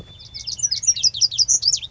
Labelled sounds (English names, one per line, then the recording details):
Lazuli Bunting
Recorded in Sonoma County, California